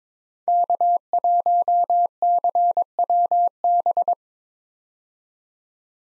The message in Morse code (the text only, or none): K1CWB